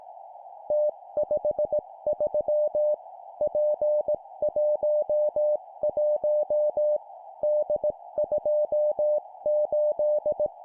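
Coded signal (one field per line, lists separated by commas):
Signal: Morse code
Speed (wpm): 18 wpm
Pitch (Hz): 600 Hz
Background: music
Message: T53 P11 D28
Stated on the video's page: Morse drill at 17 wpm of three-character groups: letter, number, number.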